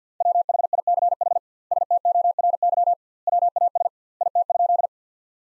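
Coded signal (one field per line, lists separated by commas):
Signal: Morse code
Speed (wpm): 50 wpm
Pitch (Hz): 700 Hz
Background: none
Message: WHICH STORY WAS IT?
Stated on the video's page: Head-copy drill of sentences built from the top 300 words, at 50 wpm with 2x word spacing, similar to Farnsworth.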